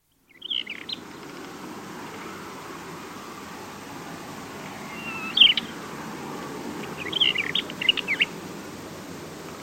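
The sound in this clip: Mourning wheatear giving brief high whistled call notes, one at the start, one midway and a short chattering cluster near the end, against faint background noise.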